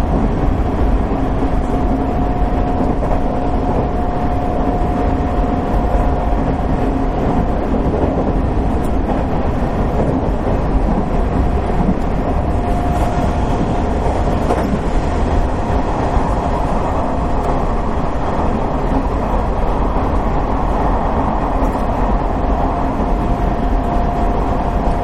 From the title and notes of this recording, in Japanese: 西日本鉄道 3000系の走行音。福岡行き特急にて録音。区間は久留米から福岡までです。